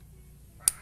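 A case-opening tool is pressed onto the snap-on metal back cover of a wristwatch case until it gives a single sharp click at 0.7 s, releasing the back so it can be lifted off. The click stands out clearly above a quiet low hum.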